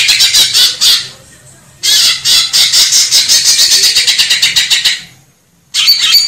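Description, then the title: Grey-cheeked bulbul giving dense, buzzy chattering phrases of quick rasping notes, three bursts separated by short gaps, a low steady hum beneath. Training song (masteran) for teaching cage birds. "Cucak Jenggot Masteran"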